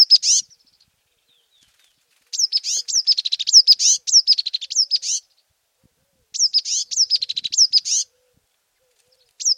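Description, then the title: Azure tit giving shrill, high-pitched phrases of fast repeated chirps, each burst lasting a few seconds, with quiet gaps in between. "suara burung azura tit"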